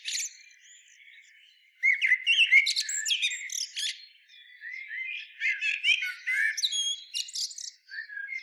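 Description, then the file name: Common blackbird song: after a quiet start, a long run of fluted notes and high scratchy twitters. "Turdus merula"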